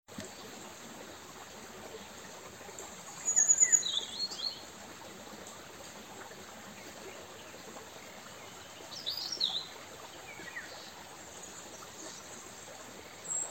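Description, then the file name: European robin with two short high, thin twittering phrases, spaced several seconds apart, over constant background hiss. "Erithacus rubecula"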